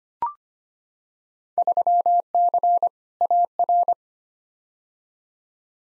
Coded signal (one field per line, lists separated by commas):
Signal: Morse code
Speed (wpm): 25 wpm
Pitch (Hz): 700 Hz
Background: none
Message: 3C AR